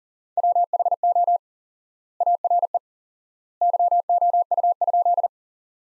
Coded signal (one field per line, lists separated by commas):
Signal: Morse code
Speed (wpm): 37 wpm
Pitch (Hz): 700 Hz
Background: none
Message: WHO ARE YOU?